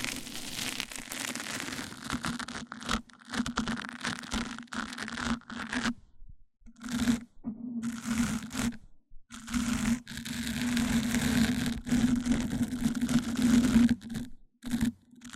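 Microphone-on-microphone rubbing, heard as dense, scratchy bursts of scraping and rustling that start and stop irregularly, with brief silent gaps around 6, 9 and 14 seconds. A steady low hum runs beneath the louder stretches.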